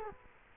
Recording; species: mosquito wingbeat signal from an infrared sensor; Culex quinquefasciatus